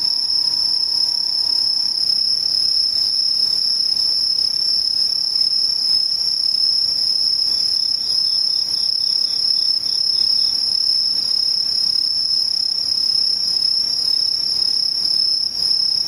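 Insects trill in a steady, dense, high-pitched drone throughout, with a faint softer chirping pulse appearing around eight to ten seconds.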